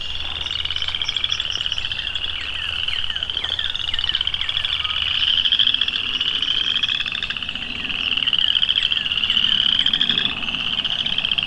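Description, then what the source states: Chorus frogs in full chorus: overlapping creaky pulsed trills, each rising in pitch, continuing without a break. Loud frog chorus nearly drowning out nearby singing birds.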